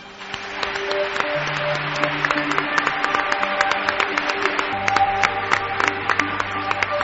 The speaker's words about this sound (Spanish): Bueno, ¿cómo suenan los aplausos, amigos? Es fuerte, ¿eh? Sigue siendo fuerte, que es lo increíble, ¿eh?